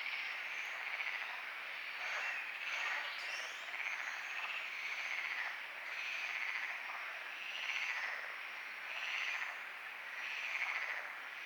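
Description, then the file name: Frog chorus of continuous high trills and short chirps, swelling and fading repeatedly. Frogs calling at night at Lagoa do Congro; binaural recording with EQ applied. "Lagoa Do Congro Frogs night EQ web binaural"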